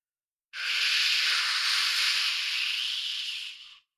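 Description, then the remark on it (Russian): A steady, airy hiss rises abruptly in a corridor behind a boy walking, holds evenly for about three seconds, then fades away. It is bright and breathy with no low rumble and no voices. “Позади послышалось едва различимое шипение.”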